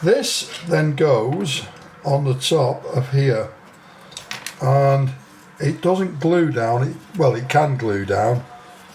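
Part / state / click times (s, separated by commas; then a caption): plastic model kit underside panel onto the tractor chassis / not seated / none. Someone talks while handling the plastic underside panel of a scale model Canadian Ford Quad gun tractor, which is to be pressed onto the tractor chassis without glue. A few brief, sharp ticks come in a pause around 4.2–4.5 s. The clip ends before the part goes home, so nothing has seated or clicked yet.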